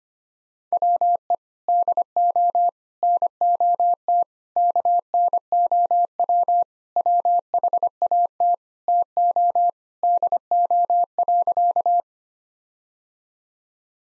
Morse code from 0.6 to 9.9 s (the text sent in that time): WE DO NOT KNOW WHAT TO